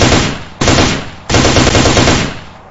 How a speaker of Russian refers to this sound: Тут же из нее вылезли двое с автоматами, оба в сталкерских куртках. Один из кровососов проявился. И сразу попал в перекрестный огонь из 2 стволов.